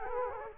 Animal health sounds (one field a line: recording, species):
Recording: mosquito wingbeat signal from an infrared sensor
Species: Culex quinquefasciatus